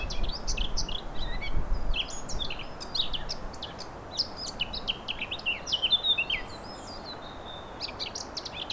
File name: Fauvette a ta te noire 23 04 17